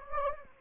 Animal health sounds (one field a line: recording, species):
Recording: mosquito wingbeat signal from an infrared sensor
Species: Anopheles gambiae